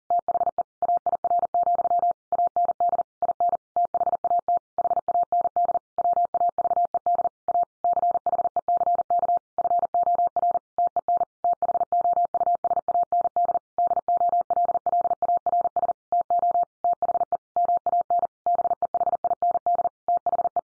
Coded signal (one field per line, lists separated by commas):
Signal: Morse code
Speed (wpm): 40 wpm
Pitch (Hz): 700 Hz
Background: none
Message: THE AIR, AND IN THAT HAND WAVED A CHECK FOR TEN THOUSAND DOLLARS TO THE MAN BEHIND THE